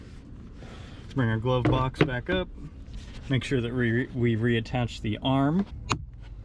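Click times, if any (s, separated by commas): 5.9 s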